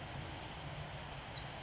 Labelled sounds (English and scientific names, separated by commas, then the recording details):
Pacific Wren (Troglodytes pacificus)
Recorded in Sonoma County, California